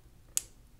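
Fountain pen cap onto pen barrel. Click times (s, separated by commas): 0.4 s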